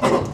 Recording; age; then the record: pig call; growing-finishing pig (85 days or more)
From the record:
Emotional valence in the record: positive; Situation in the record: run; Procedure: transit